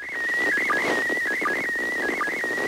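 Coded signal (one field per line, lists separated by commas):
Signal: SSTV (slow-scan television)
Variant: PD180 mode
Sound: warbling high tone shifting pitch, with short low blips under a second apart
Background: radio static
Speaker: We see it picked up on PD 180, which is the mode that the ISS was sending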